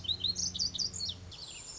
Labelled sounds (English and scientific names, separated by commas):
Lazuli Bunting (Passerina amoena)